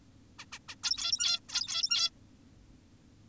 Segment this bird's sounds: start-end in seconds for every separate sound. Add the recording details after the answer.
0.39-0.46, 0.52-0.59, 0.69-0.75, 0.84-1.40, 1.49-2.10. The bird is an adult. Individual g17y2U